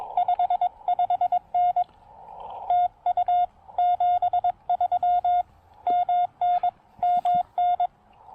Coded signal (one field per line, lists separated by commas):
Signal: Morse code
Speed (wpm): 21 wpm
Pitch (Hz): 700 Hz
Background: none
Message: 55N TU 73 MN MN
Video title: Keying In The Rain: One Very Soggy POTA Activation!